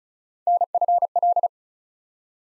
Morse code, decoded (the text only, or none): NFL